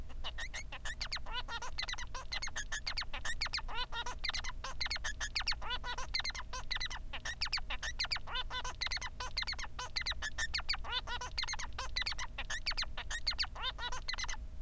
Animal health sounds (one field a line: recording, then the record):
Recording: song of a male Bengalese finch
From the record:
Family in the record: son of father 3